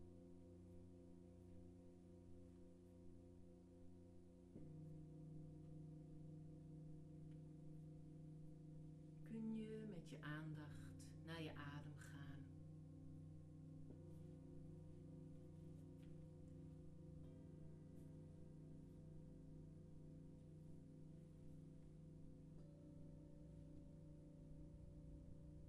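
Singing bowls and a gong hum in long, steady layered tones, with a brief bright shimmering swell around ten to twelve seconds.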